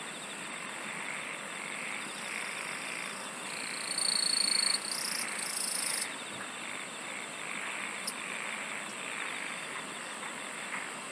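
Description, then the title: Insects singing in overlapping buzzes, a loud shrill burst midway, then the steady pulsing chorus resumes over background hiss. "SINGING OF INSECTS"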